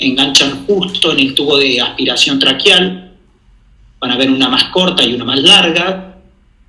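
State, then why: Not seated. A closed tracheal suction tube branch is handled near its connector in a prone-position setup, where it is meant to press in and seal, while someone talks from the start to about 3.0 s and again from about 4.0 s to 6.3 s. A near-silent pause falls between the two stretches of talk. Nothing has seated or clicked yet.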